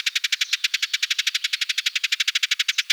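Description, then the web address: Eurasian tree sparrow giving a fast, even run of harsh, buzzy chirps, about ten per second, high-pitched and unbroken throughout. "Passer montanus"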